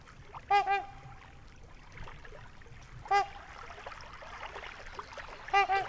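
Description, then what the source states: Trumpeter swan calling in three bursts of nasal, bugling honks, the first and last doubled, separated by quieter background noise. Trumpeting; Wisconsin, USA, 2019, near a lake.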